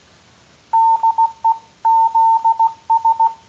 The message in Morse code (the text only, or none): DE ZS